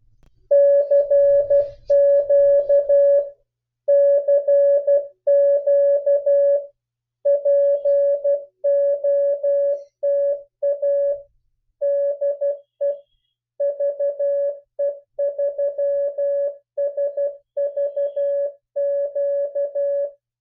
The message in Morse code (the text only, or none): CQ CQ POTA DE VE3SVQ